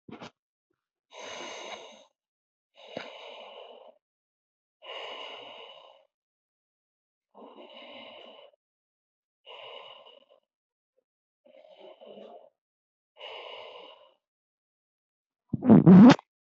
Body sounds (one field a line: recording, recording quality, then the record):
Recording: shallow breathing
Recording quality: excellent, no background noise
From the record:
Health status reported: healthy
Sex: male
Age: 51 years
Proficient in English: yes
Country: India